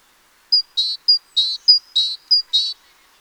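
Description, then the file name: Great tit repeating a two-part phrase four times, a clear high piping note followed by a buzzy, lower note, evenly spaced, then silence. "Parus major"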